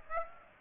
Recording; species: mosquito wingbeat signal from an infrared sensor; Aedes aegypti